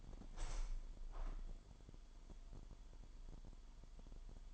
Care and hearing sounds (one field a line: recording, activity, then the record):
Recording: daily activity, microphone in the room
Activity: open window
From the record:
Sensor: 5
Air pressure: 998.7 hPa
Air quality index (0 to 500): 104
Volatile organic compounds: 2 ppm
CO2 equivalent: 1204 ppm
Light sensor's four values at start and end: 47/117/48/55 and 47/116/48/55